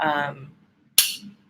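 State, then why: Seated. Someone talks briefly, then the lid of a refillable metal and enamel lipstick case is snapped back onto its case body with a sharp, bright click at 0.9 seconds, followed by a short faint rattle. The lid seats and the case clicks closed. Wait—click time must be 1.0 (0.98 to one decimal). Someone talks briefly, then the lid of a refillable metal and enamel lipstick case is snapped back onto its case body with a sharp, bright click at 1.0 seconds, followed by a short faint rattle. The lid seats and the case clicks closed.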